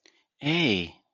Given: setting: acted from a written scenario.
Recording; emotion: vocal sound without words; sympathy